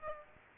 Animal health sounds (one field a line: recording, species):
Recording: mosquito wingbeat signal from an infrared sensor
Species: Aedes aegypti